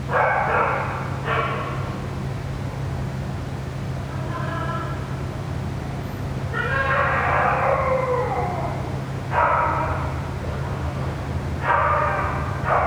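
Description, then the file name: Dog giving repeated whimpering cries with falling, harmonic tones, in several short bursts spread throughout, over a constant low droning hum. Dog crying near a ventilation system. "francisco meirino - a dog crying near a ventilation system"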